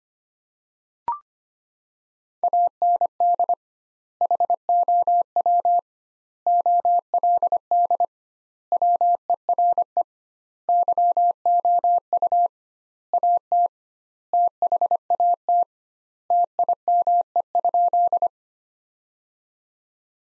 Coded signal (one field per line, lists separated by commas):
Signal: Morse code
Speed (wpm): 25 wpm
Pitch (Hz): 700 Hz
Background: none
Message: AND HOW OLD WERE YOU AT THAT TIME?